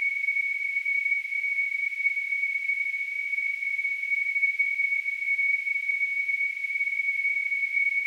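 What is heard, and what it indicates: Steady high-pitched whistle near 2 kHz over a faint hiss, unchanging for eight seconds: a simulated tinnitus sound.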